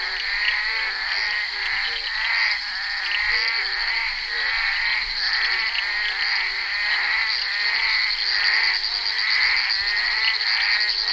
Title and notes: crapaux buffle. enregistré sur le tournage Bal poussière dhenri duparc en février 1988